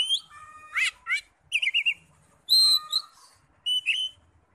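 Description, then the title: Oriental magpie-robin giving a short burst of song: buzzy rapid notes, a wavering trill and long clear whistles. "Kacer"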